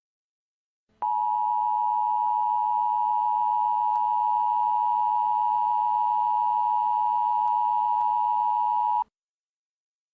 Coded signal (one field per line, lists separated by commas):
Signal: Emergency Alert System (SAME) tones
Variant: 853 and 960 Hz attention tone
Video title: Emergency Alert System EAS Tones from 12 Different Countries 5/13/24